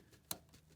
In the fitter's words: right in you hear the click and that's